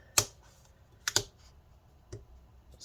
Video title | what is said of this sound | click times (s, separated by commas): Lenovo Flex 5-1470 Disassembly RAM SSD Hard Drive Upgrade Battery Screen Hinge Replacement Repair | so let's pretend that it's all here you go all snapped back in | 0.2 s, 1.1 s, 1.2 s